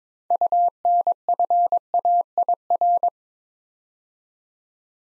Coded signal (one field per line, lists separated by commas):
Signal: Morse code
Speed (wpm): 22 wpm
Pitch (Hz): 700 Hz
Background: none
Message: UNFAIR